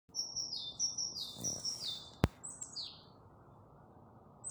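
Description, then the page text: Great tit song: a run of high, thin whistled notes, then a sharp click and a few downward-slurred whistles, over low background hiss. Single singing male in breeding season, recorded in Vecumnieki parish, Bauska area, Latvia, on 23 May 2025 at 21:00. "Great Tit, Parus major Observation time 23-May-2025 plkst. 21:00. Vecumnieku novads"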